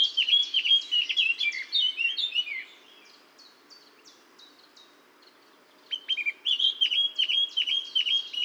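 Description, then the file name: Eurasian blackcap song: a loud warbled phrase, a stretch of soft chatter, then another bright run of repeated fluty whistles. "Sylvia atricapilla"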